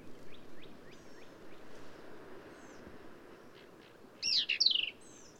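Black-capped vireo song: one fast, scratchy phrase of slurred notes near the end, after faint high chips and a low background hum.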